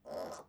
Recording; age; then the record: pig call; piglet (1 to 25 days)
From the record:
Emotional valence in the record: negative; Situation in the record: restrain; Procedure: back test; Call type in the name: low-frequency call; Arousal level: low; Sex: female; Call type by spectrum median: low-frequency call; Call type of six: low-frequency stable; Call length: 0.49 s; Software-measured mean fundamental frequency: 64 Hz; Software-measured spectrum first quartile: 559 Hz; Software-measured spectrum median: 752 Hz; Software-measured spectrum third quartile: 2033 Hz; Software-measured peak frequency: 595 Hz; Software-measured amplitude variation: 178 dB a second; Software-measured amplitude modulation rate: 22.2 a second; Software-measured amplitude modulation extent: 8.0 dB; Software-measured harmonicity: 3.2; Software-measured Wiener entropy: -1.54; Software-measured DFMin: 1279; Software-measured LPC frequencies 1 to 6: 607, 1131, 3206, 4501, 5230, 5863 Hz